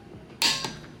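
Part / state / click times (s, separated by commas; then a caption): click-type torque wrench on a wheel lug nut / torque reached / 0.4 s. A click-type torque wrench tightens a further lug nut on a new wheel of an RX-7 to a setting of 80. After a quiet moment, a sharp, bright click sounds at 0.4 s, followed by a softer tick shortly after that fades out. The wrench has reached its set torque on the lug nut.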